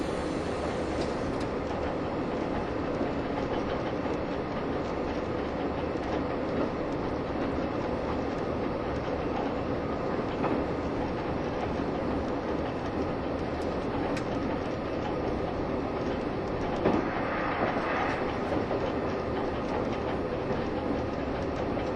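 A Taiwan Railways EMU1200 electric train with nose-suspended motors runs at speed, its motor growl a steady, dense roar across lows and mids. Faint rail clicks tick through, and a brief brighter whine rises around seventeen to eighteen seconds.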